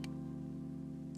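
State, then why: Seated. A focus ring on a modular lens base is pulled up, twisted, and locks into a focal-length detent with a light, sharp click at 0.0 s over steady background music. A fainter tick follows near the end.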